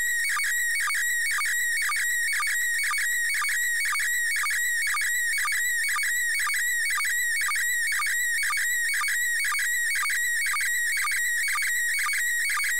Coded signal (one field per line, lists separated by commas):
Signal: SSTV (slow-scan television)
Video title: IK8XLD - ISS SSTV 28.10.18